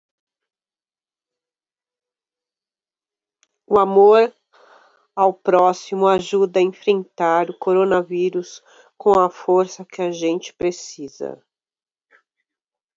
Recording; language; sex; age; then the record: spoken sentence; Brazilian Portuguese; female; 50 to 59 years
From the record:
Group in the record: control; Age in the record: 52 years